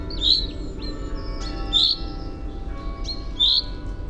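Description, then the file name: Common chaffinch giving three bright, clipped call notes spaced more than a second apart, with fainter high chirps between them and a low background hum. "Fringilla coelebs"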